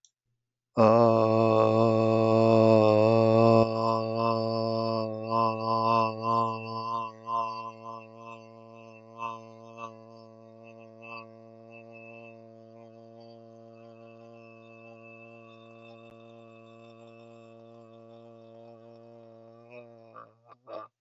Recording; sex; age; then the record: vowel held as long as possible; male; 40 to 49 years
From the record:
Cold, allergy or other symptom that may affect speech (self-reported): no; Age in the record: 45 years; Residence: Arkansas, United States